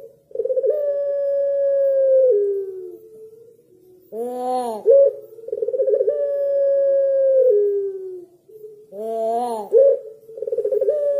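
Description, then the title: Barbary dove calling: prolonged even coo sliding lower at its end, a quiet trailing hum, then a raspy rising-and-falling rolled note, the whole sequence given twice. White Barbary dove; used as training material for songbirds to copy. "Masteran Burung Puter Putih"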